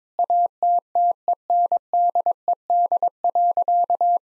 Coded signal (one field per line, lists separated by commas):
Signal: Morse code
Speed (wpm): 22 wpm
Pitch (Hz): 700 Hz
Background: none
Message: ATTENDED.